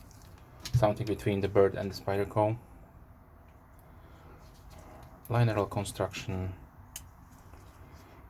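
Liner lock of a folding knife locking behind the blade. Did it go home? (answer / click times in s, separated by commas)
yes / 7.0 s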